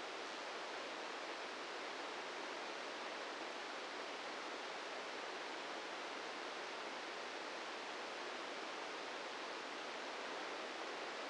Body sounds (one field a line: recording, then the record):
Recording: brain microelectrode recording played as sound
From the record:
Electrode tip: inside the subthalamic nucleus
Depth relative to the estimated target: -1 mm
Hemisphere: left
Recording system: NeuroSet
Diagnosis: Parkinson's disease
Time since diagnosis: 8 years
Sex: male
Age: 46 years